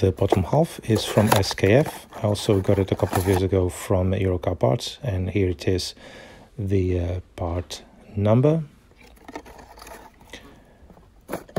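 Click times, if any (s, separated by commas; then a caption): 11.3 s, 11.6 s. Someone talks while holding the two halves of a new front strut top mount for a Ford Focus MK2, with the bottom half made by SKF and one half holding the bearing. The halves are pressed together by hand, and short clicks at 11.3 and 11.6 seconds mark them snapping into place, seated.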